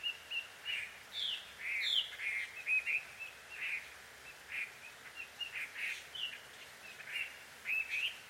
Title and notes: 鳥の夫婦喧嘩 – Birds Quarrel At Dusk. Recorded in Takao Japan